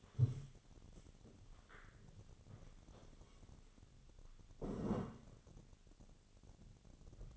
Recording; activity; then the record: daily activity, microphone in the room; stand up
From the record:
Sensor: 4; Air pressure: 1001.2 hPa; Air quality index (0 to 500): 182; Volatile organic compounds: 2 ppm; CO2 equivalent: 1304 ppm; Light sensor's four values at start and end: 14/32/13/13 and 14/32/13/13